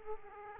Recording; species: mosquito wingbeat signal from an infrared sensor; Aedes aegypti